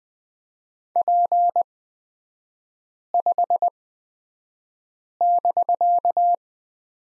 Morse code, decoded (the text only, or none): P5<BK>